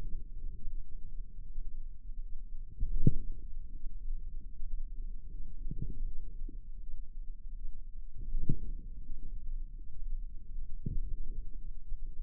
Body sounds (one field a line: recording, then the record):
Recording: forearm muscle sounds (acoustic myography)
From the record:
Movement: radial deviation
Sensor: system 2, bracelet of six BSWA MPA416 microphones around the upper forearm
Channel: 4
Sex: female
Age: 23 years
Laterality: right